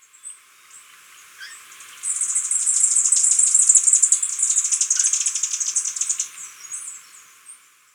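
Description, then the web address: Superciliaried hemispingus giving a dense, rapid, very high chattering series lasting about four seconds and fading out, with faint scattered chips before and after. Recorded in Ecuador. "Birds of Ecuador. Superciliaried Hemispingus"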